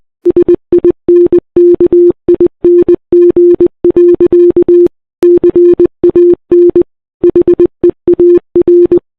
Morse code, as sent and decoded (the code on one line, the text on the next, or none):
... .. -. -.- .. -. --. .-.-.- / -.-. .- -. / .... . .- .-.
SINKING. CAN HEAR